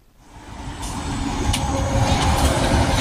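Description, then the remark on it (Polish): An electric city bus in Oslo rolls up with a steady, swelling rumble and a faint motor whine, its road noise building from near silence to a loud, even roar over a few seconds. “Sukcesywnie inwestuje w autobusy elektryczne i wręcz szczyci się tymi inwestycjami.”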